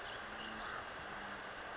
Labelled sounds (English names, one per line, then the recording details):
Western Flycatcher
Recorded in Sonoma County, California